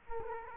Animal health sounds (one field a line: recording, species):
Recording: mosquito wingbeat signal from an infrared sensor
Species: Culex quinquefasciatus